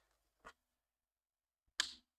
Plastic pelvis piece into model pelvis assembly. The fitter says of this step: just into there like so nice satisfying click there